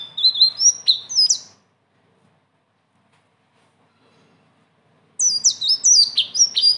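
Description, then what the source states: Leafbird song: rapid bursts of high, sweet whistled and slurred notes, a first phrase, then about three and a half seconds of silence, then another lively burst. Training song (masteran); bird singing persistently (gacor) in a rolling style (ngeroll) with fill-in phrases (isian).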